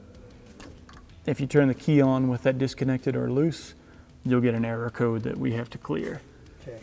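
An electrical connector is handled at its mating plug on a UTV wiring harness during a pre-ride inspection, with a few faint ticks early on while someone talks. A disconnected or loose connector would set an error code at key-on. The connector has not yet seated or clicked by the end of the clip.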